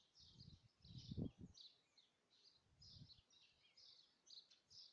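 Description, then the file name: Bird chirps, thin and high, repeated over low rumbling bursts of noise. "Voegel"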